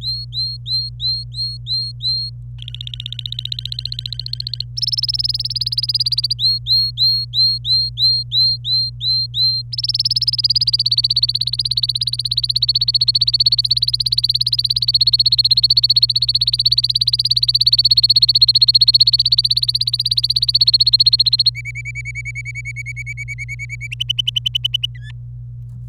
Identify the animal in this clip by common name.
Domestic Canary